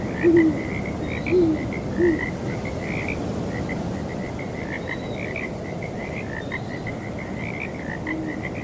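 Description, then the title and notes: Frogs croaking steadily in an overlapping chorus while an owl gives three low hoots early on; wind noise throughout. Frogs calling on a breezy night alongside hooting owls. "Owls Hooting and Frogs on Breezy Night. Sleep and Relaxation Podcast"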